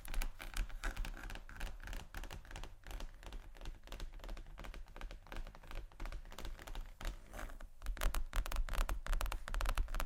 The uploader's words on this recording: ASMR Tapping & Scratching Luxury Leather Bags（No Talking）.